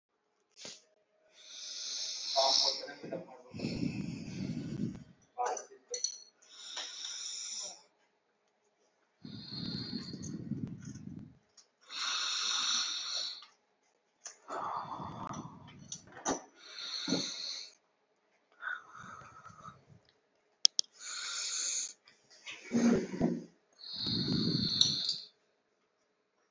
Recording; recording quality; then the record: deep breathing; excellent, no background noise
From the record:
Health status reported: recovered from COVID-19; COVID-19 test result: positive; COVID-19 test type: RT-PCR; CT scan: not taken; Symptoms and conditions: cough, cold, sore throat, fever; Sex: female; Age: 44 years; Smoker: no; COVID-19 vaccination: both doses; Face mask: worn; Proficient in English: yes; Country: India